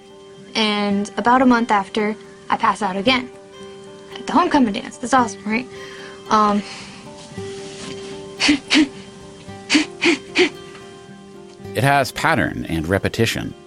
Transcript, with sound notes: And about a month after, I pass out again - at the homecoming dance. That's awesome, right? (Huffing).
It has pattern and repetition